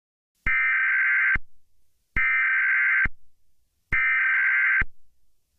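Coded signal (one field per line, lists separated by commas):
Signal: Emergency Alert System (SAME) tones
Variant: header bursts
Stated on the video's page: Fictional EAS scenario with possibly valid EAS tones, a simulated alert.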